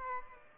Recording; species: mosquito wingbeat signal from an infrared sensor; Aedes albopictus